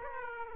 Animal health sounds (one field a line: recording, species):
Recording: mosquito wingbeat signal from an infrared sensor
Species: Aedes aegypti